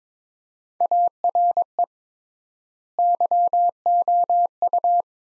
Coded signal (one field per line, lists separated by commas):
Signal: Morse code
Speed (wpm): 22 wpm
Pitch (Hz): 700 Hz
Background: none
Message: ARE YOU